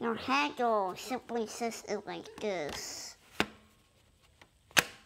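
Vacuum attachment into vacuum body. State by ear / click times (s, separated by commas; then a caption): seated / 4.8 s. Someone talks for the first three seconds, then a short sharp click sounds at 3.4 s and a few faint ticks follow. A vacuum attachment is pushed onto the vacuum body and snaps into place with a loud, sharp click at 4.8 s.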